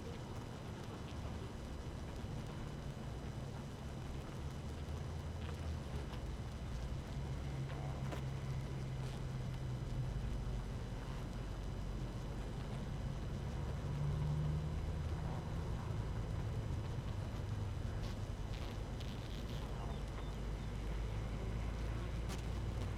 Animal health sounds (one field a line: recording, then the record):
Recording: honeybee colony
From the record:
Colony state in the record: active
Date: 12 June 2018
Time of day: 6:09